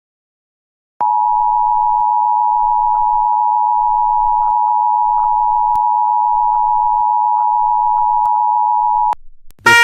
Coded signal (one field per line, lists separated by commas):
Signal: Emergency Alert System (SAME) tones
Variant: 853 and 960 Hz attention tone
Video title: EAS Scenario: Phoenix Birds Part 3 (Fake)